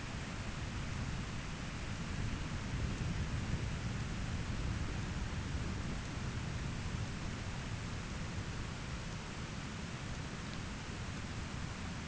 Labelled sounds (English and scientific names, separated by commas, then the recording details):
none
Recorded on Arctic tundra, site ZACK-1, on 13 June 2019
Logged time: 09:49